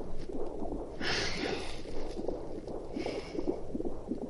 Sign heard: The heartbeat.